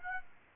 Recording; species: mosquito wingbeat signal from an infrared sensor; Aedes aegypti